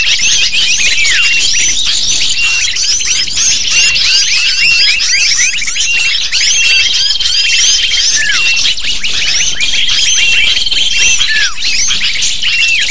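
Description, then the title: Lovebird flock in loud, steady chatter, with shrill chirps repeated rapidly and overlapping, plus thin drawn-out whistles now and then. Lure used to attract lovebirds. "PIKAT BURUNG LOVEBIRD"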